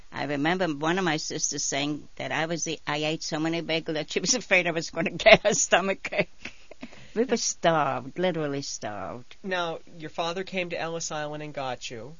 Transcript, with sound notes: I remember one of my sisters saying that I was the, I ate so many bagels she was afraid I was going to get a stomach ache. ( she laughs ) We were starved, literally starved.
Now, your father came to Ellis Island and got you?